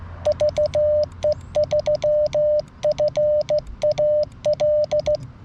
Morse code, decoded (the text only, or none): VE3FAL